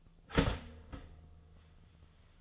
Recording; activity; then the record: daily activity, microphone in the room; start toaster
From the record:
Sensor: 4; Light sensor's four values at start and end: 22/67/26/26 and 22/68/26/26